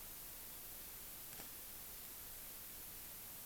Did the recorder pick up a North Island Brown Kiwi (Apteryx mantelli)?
no